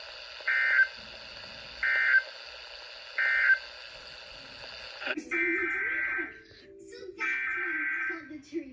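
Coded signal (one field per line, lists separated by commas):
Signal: Emergency Alert System (SAME) tones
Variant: header bursts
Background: speech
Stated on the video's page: Tornado warning received on NOAA Weather Radio and on TV.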